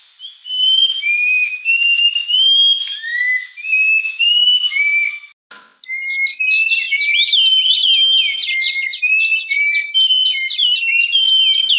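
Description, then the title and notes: Bird whistles a sequence of slurred, sliding notes, breaks off briefly, then continues with fast, energetic chirps and trills. Bird song described as having a melodious voice. "ND Burung. Nada Dering Burung Dengan Suara Merdu"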